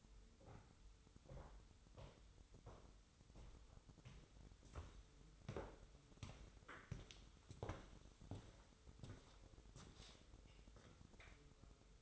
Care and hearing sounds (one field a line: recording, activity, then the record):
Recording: daily activity, microphone in the room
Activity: walk to room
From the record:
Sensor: 3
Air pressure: 988.2 hPa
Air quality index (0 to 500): 178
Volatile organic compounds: 163 ppm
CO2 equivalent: 4078 ppm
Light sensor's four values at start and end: 24/75/31/27 and 24/74/31/27